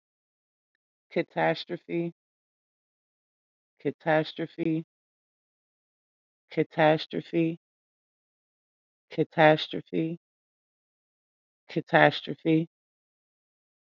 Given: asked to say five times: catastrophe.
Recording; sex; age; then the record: repeated word; female; 30 to 39 years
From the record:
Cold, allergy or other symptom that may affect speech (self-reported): no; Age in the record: 36 years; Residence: Michigan, United States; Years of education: 12